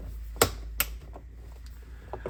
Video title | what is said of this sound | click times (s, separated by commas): Lampi Mini 18watt Preheat Fluorescent Strip Light Fixture Black | doesn't snap on too good and it looks like I have a little bit of residue here still | 0.4 s, 0.8 s